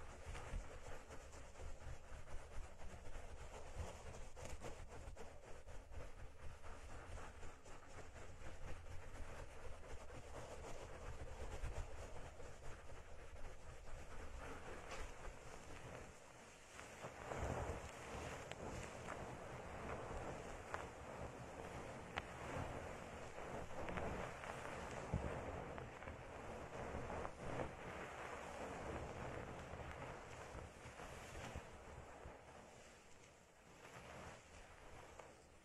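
Plants are rubbed in circles around the ears, making a dense, continuous swishing rustle that swells in waves, loudest midway, then eases off.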